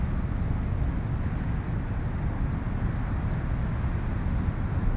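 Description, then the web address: Eurasian skylark singing high, slurred, down-curving notes repeated many times, over the constant low rumble of breaking surf. Skylarks, more than one, north of Bude, Cornwall, with distant thundering surf. "skylarks and distant thundering surf north of bude cornwall"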